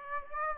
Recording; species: mosquito wingbeat signal from an infrared sensor; Aedes aegypti